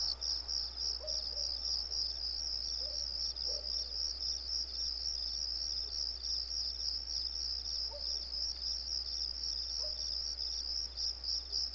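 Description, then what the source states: Shrill cricket chirps repeat rapidly and evenly throughout, with a few soft lower calls scattered in the background and a constant low hum. Recorded on a residential street.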